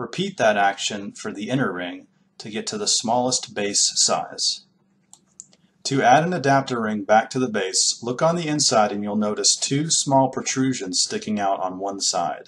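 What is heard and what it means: Someone talks, then pauses while the inner plastic adapter ring of a car cup holder adapter is twisted to the left on its base. Sharp, short clicks sound at 5.1 s and 5.4 s as the ring releases to slide straight off. Someone then talks again.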